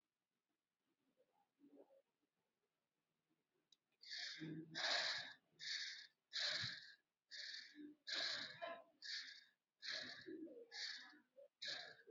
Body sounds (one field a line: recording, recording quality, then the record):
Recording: shallow breathing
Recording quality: excellent, no background noise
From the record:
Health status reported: healthy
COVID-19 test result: negative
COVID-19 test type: RT-PCR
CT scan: not taken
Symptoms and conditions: none ticked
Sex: female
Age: 21 years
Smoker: no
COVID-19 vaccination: both doses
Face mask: worn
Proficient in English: yes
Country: India